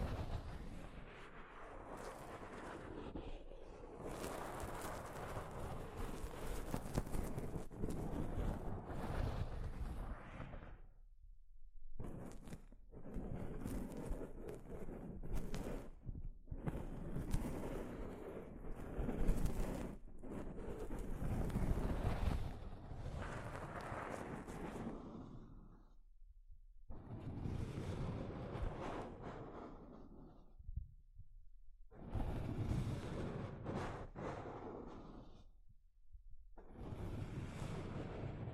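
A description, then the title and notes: Soft fabric brushes over a microphone in rough, rumbling sweeps that fill the low end with a dense, scratchy rush. The rubbing comes in uneven bursts of a few seconds each, broken by short silent gaps near 11, 26 and 31 seconds. ASMR Mic Brushing using Soft Fabric (No Talking).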